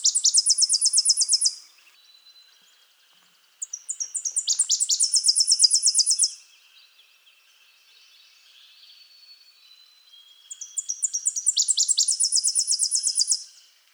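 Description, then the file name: Tennessee warbler song: three high, dry chattering trills, each stepping through series of sharp notes, separated by pauses of a few seconds. "Tennessee Warbler Leiothlypis peregrina"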